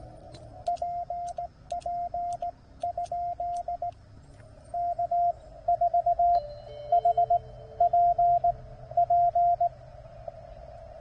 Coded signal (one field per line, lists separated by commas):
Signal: Morse code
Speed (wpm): 19 wpm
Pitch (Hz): 690 Hz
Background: radio noise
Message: PP ? K4HPP